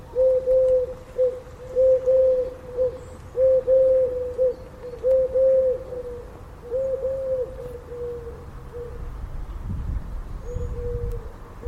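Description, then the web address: Bird giving soft, low cooing calls in short rhythmic bursts, each run of coos followed by a pause, then a final drawn-out coo; faint low rumble beneath. "Deverinetal 2025. Bird Only"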